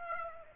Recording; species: mosquito wingbeat signal from an infrared sensor; Aedes aegypti